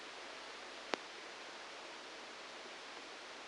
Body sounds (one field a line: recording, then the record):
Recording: brain microelectrode recording played as sound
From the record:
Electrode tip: outside the subthalamic nucleus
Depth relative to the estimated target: -3 mm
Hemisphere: right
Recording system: NeuroSet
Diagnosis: Parkinson's disease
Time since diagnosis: 9 years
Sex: male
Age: 56 years